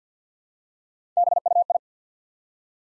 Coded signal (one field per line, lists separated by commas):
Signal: Morse code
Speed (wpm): 49 wpm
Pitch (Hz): 700 Hz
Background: none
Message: BUI